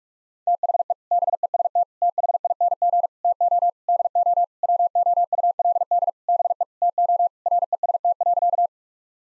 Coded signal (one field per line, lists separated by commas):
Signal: Morse code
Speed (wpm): 46 wpm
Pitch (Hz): 700 Hz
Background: none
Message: THE BEST THING TO DO WOULD BE TO REST.